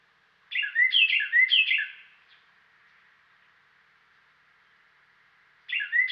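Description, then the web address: Carolina wren song: a loud rolling phrase of three to four repeated syllables, then a pause and the phrase beginning again. "Dan Gibson Wildlife Identification By Sound, Western North America. Carolina Wren"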